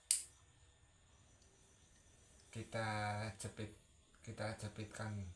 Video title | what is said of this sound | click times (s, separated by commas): Cara buat kabel land utp | ini bunyi klek. | 0.1 s